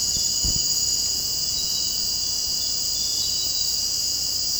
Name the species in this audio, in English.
none